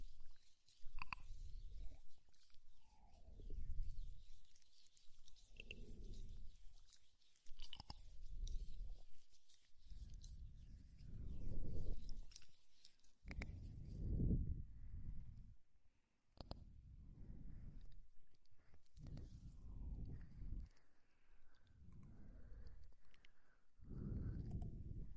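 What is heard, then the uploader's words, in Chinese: Mouth sounds fill the recording: soft, wet low smacks and swells recurring every second or two, with occasional sharp clicks and brief crunchy chewing. 填满脑阔的口腔音。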